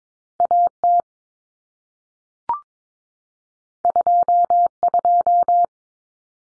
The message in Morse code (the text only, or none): AT 22